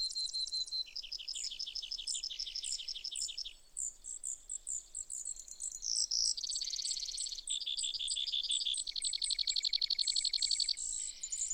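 Brewer's sparrow singing a nearly continuous run of high trills, some dry and buzzy, others clearer, each segment changing pitch and tempo.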